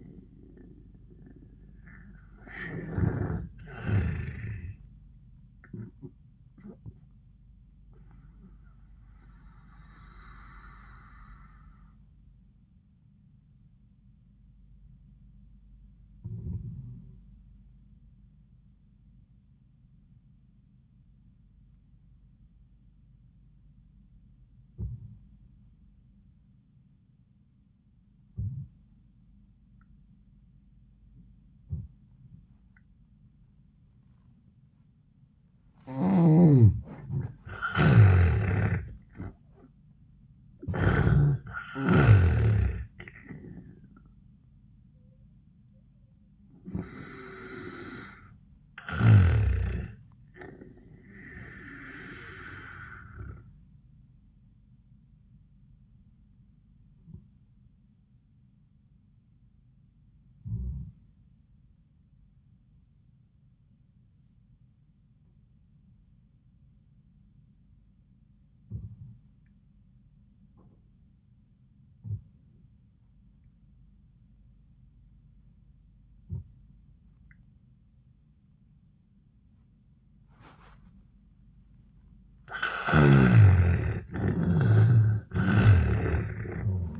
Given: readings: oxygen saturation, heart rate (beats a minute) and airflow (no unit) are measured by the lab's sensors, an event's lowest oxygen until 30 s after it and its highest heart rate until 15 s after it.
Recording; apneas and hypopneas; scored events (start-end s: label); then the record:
breathing in sleep by a smartphone at the bedside; 2
5.00-65.00 s: new sleep stage, N1 (lightest sleep)
6.00-37.80 s: hypopnea (N1, oxygen 97% highest, then 78% lowest, heart rate 92 at the start, 101 highest)
52.00-81.90 s: hypopnea (N1, oxygen 97% highest, then 79% lowest, heart rate 85 at the start, 88 highest)
65.00-87.00 s: new sleep stage, N2 (light sleep)
From the record:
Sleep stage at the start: N2 (light sleep); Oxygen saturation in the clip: 74 to 97%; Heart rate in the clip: 77 to 101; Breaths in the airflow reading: 11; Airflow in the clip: -18.8 to 18.6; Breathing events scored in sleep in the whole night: 400 in 8.7 hours asleep